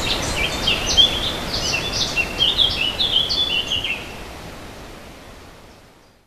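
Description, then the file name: Warbler delivers a hurried, scratchy warble of high jumbled notes for about four seconds, then the sound fades away to silence. "fauvette"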